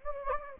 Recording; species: mosquito wingbeat signal from an infrared sensor; Anopheles gambiae